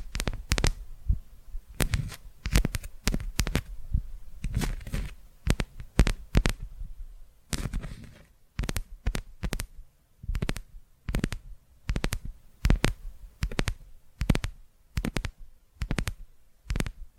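Tapping in quick, sharp bursts, with irregular clusters of crisp knocks and short pauses between groups, roughly two to three taps per second. Each tap is bright and percussive with a soft low thump underneath, over an otherwise quiet background.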